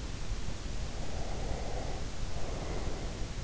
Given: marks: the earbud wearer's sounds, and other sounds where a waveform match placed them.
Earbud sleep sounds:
sounds in sleep by an in-ear microphone; breath
1.06-3.33 s: breath

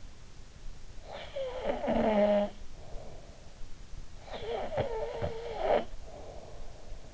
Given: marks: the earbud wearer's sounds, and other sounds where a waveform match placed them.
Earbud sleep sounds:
sounds in sleep by an in-ear microphone; snoring breath
0.71-3.70 s: snoring breath
4.02-7.14 s: snoring breath

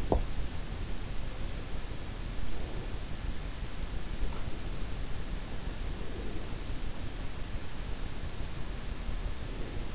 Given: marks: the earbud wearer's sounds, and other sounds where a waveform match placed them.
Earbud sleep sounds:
sounds in sleep by an in-ear microphone; teeth grinding
0.00-0.29 s: teeth grinding

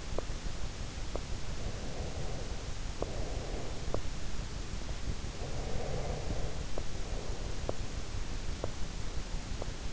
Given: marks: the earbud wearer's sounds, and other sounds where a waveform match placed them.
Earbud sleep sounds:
sounds in sleep by an in-ear microphone; teeth grinding, breath
0.00-1.32 s: teeth grinding
1.57-4.11 s: breath
3.87-4.11 s: teeth grinding
5.34-7.59 s: breath
6.73-6.91 s: teeth grinding
7.66-7.77 s: teeth grinding
8.53-8.88 s: teeth grinding
9.55-9.79 s: teeth grinding

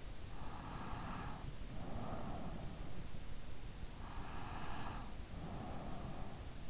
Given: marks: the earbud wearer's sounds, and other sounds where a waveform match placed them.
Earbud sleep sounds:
sounds in sleep by an in-ear microphone; breath
0.23-2.82 s: breath
4.06-6.55 s: breath

